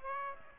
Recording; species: mosquito wingbeat signal from an infrared sensor; Aedes aegypti